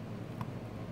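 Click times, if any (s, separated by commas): 0.4 s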